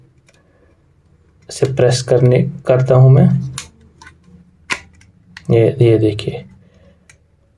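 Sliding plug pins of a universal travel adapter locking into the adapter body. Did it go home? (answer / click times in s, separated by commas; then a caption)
yes / 7.1 s. The sliding plug pins of a plastic universal travel adapter are pressed back into the adapter body while someone talks. A single sharp click at 7.1 seconds marks the pins locking into place.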